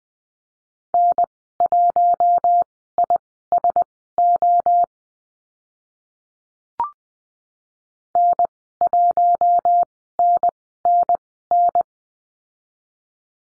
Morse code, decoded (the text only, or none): N1ISO N1NNN